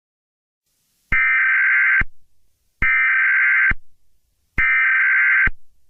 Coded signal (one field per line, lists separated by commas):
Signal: Emergency Alert System (SAME) tones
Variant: header bursts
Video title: EAS SCENARIO: TWISTER